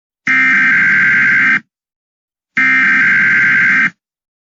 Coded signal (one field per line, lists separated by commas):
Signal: Emergency Alert System (SAME) tones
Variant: header bursts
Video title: EAS Scenario: Brandonville County Attacks.